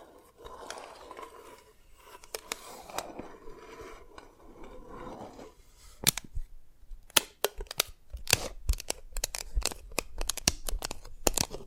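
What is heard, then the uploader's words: Dalgona candy being tapped and cracked: soft scraping and murmuring for six seconds, then frequent sharp bright clicks and snaps, irregularly spaced. Dalgona Candy Challenge Tapping, Cracking Triggers.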